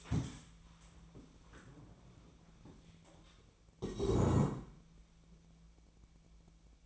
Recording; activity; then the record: daily activity, microphone in the room; stand up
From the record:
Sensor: 1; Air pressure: 1000.4 hPa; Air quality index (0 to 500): 180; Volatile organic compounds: 4 ppm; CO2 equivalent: 1660 ppm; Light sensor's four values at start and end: 13/32/13/15 and 13/32/13/15